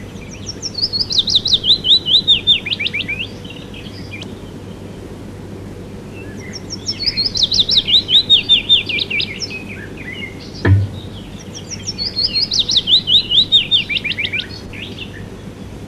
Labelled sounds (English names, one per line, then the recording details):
Willow Warbler song
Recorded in the wild
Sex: male
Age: adult
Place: Friedrichsmoor, Landschaftsschutzgebiet Lewitz, Mecklenburg-Vorpommern, DE
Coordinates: 53.4572, 11.5731
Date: 1965-05-20 06:17
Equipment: Grundig TK 4, BG 20/6 - 19 cm/s
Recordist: Schubert, Michael